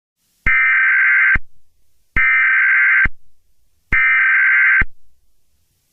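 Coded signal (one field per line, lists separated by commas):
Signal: Emergency Alert System (SAME) tones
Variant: header bursts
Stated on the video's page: Fictional EAS scenario, simulated rather than a real alert.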